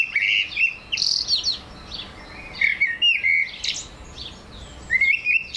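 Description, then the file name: Eurasian blackbird song: short fluty whistled phrases with buzzy, high twittered endings, repeated several times. "Turdus merula"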